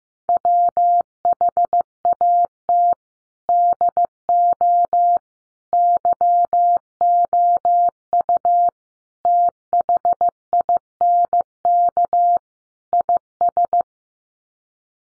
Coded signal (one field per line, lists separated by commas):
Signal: Morse code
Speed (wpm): 15 wpm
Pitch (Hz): 700 Hz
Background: none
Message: WHAT DO YOU THINK IS